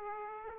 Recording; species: mosquito wingbeat signal from an infrared sensor; Aedes aegypti